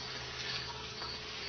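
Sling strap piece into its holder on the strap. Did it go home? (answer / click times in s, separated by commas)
no / none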